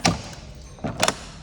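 A Carbon RXC Twin-turbo car door is pressed down to close it into its body latch, and a sharp thump at 0.1 s is followed by a softer knock at 0.9 s and two quick bright clicks at 1.0 s and 1.1 s. The latch's first click is heard at 1.0 s, so it has only reached the first of its two clicks and is not yet fully closed.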